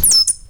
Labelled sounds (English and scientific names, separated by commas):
Stitchbird (Notiomystis cincta) song